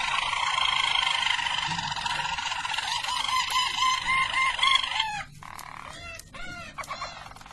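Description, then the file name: Harz Roller canary song: five seconds of smooth rolling trill that drops into a softer series of hollow, looping glide notes. Belgian Harz Roller canary song. "canto do canario belga harz roller"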